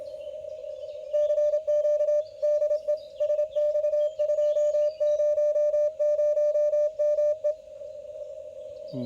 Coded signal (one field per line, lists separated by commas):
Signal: Morse code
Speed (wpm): 25 wpm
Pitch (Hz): 600 Hz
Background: music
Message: CQ DE SX200ME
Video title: Xiegu X5105: A demonstration of the CW decode